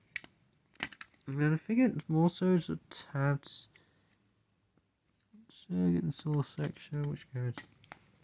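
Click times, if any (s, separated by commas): none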